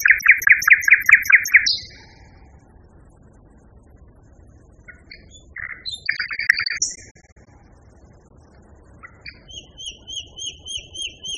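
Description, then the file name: Common nightingale song: a fast rattling trill of repeated notes, then a pause, scattered sharp notes, and a high, thin series of repeated whistled notes. Song, variation 3. "kicauan-nightingale-b-variasi 3-omkicau"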